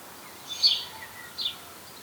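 House sparrow giving two brief high chirps less than a second apart against quiet, even background noise.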